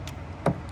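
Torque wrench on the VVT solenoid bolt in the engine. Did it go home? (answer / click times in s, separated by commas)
yes / 0.5 s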